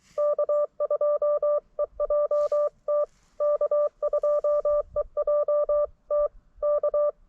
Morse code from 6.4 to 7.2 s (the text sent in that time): K